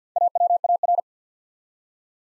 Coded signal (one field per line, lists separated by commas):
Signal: Morse code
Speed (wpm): 48 wpm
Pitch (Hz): 700 Hz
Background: none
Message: AWAR